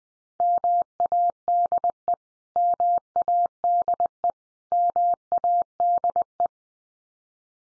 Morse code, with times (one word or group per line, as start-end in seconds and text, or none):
0.4-2.1 MADE
2.6-4.3 MADE
4.7-6.5 MADE